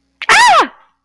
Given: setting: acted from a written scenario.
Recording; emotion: vocal sound without words; negative surprise